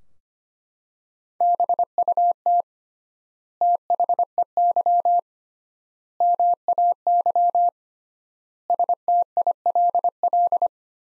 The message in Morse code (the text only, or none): BUT THEY MAY STILL